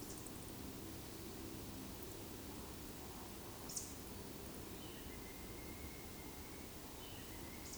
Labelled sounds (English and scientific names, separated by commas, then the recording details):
Eurasian Woodcock (Scolopax rusticola) whistle
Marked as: whistle, whistle, whistle
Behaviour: display flight
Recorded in Baden-Württemberg, Germany, on 28 May 2020 at 19:57 UTC
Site 31917, 145 m above sea level